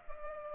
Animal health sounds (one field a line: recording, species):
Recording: mosquito wingbeat signal from an infrared sensor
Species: Culex pipiens